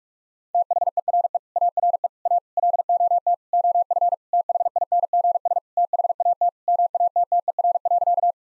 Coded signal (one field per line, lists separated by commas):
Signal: Morse code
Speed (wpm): 43 wpm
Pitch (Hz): 700 Hz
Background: none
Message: THERE ARE A LOT OF THINGS THAT MATTER.